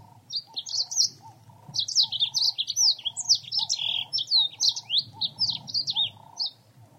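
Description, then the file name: Reichenow's seedeater giving quick, high, sweeping chirps and twitters in irregular bursts, with a faint lower repeated note and soft background rumble. "suara serinus reichenowi"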